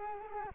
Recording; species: mosquito wingbeat signal from an infrared sensor; Culex quinquefasciatus